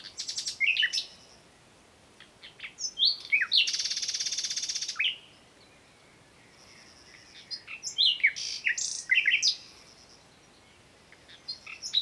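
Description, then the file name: Common nightingale song mixing sharp chirps and whistles with a harsh, buzzy, rapidly pulsed phrase lasting over a second, then more varied chirping phrases. "Luscinia megarhynchos"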